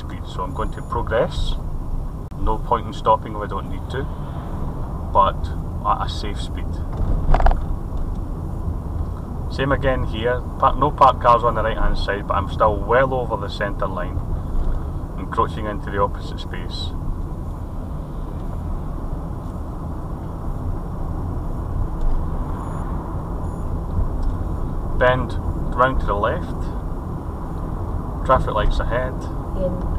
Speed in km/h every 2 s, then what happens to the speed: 21, 23, 24, 26, 27, 26, 26, 26, 26, 29, 31, 32, 34, 32, 34.
0-30 speeds up to 34.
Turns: none.